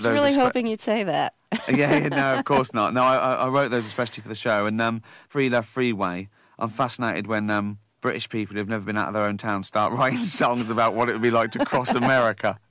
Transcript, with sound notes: I was really hoping you'd say that (laughter).
Yeah. No, of course not. No, I wrote those especially for the show. And "Free Love Freeway" - I'm fascinated when British people who have never been out of their own town start writing songs about what it would be like to cross America.